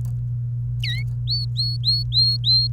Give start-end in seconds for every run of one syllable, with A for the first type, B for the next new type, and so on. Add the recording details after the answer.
0.84-1.03 A, 1.27-2.73 B. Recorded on 28 April 2018 at 14:40. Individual llb3